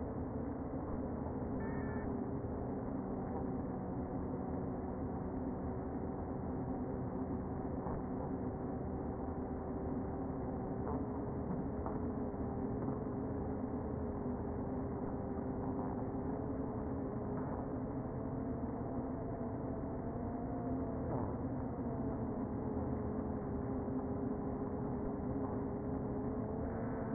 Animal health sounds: honeybee colony, microphone inside the hive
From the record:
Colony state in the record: queen present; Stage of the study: before two queens were removed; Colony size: about 60,000 bees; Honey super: yes

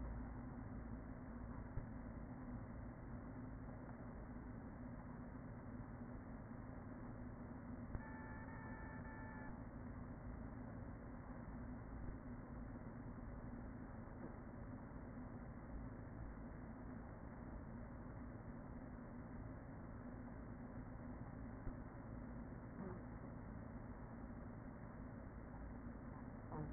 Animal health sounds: honeybee colony, microphone inside the hive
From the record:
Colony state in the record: queen present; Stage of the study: after two queens were removed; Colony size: about 40,000 bees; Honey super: no

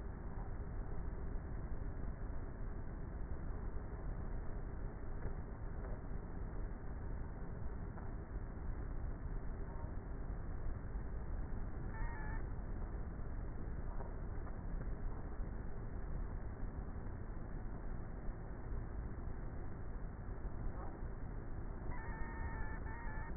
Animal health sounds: honeybee colony, microphone inside the hive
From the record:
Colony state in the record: queenless with a low population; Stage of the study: before two queens were removed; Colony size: about 30,000 bees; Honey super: no

